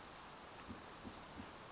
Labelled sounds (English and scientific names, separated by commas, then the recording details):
Brown Creeper (Certhia americana)
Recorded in Sonoma County, California